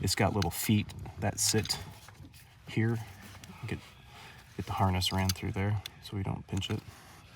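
A black plastic cover is handled over the harness housing of a 2022 factory Ford heated steering wheel while someone talks, with faint handling sounds between the words. The back goes in first because it has little feet that sit in place, and the harness is run through so it doesn't get pinched. Nothing has seated or clicked yet.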